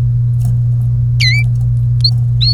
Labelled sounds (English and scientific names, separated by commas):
Domestic Canary (Serinus canaria) song